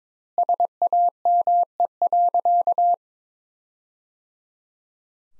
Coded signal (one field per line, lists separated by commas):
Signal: Morse code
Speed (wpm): 22 wpm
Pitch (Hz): 700 Hz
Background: none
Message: SAME.